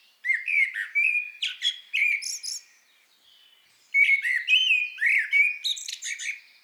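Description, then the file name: Eurasian blackbird song: two rich whistled phrases with high scratchy endings, separated by a brief quiet gap. "Turdus merula"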